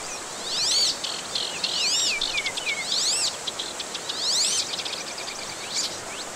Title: Kombinasi suara kicauan dan air terjun untuk terapi pemulihan burung stres